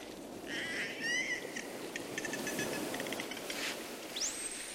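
Dolphins whistling and clicking: wavering whistles, buzzy pulsed bursts, then a sharp whistle sweeping steeply upward near the end, over a steady hiss of water noise.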